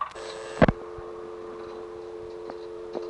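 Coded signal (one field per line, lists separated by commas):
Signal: telephone call progress tone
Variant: North America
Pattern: dial tone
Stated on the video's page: Step-by-step switching office tones in Harrisonburg, Virginia, recorded in August 1976 on a phone trip.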